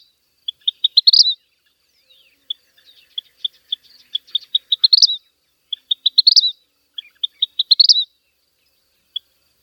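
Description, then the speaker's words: Vermilion Flycatcher singing: spaced high clicking notes speeding up into a brief rising twittered ending, the phrase repeated four times. Male's flight song, given near the peak of each undulation of a bouncing, butterfly-like courtship display flight above treetops to impress a would-be mate; pair bonds form each spring. "Near the peak of each undulation in his flight path, he belts out his flight song."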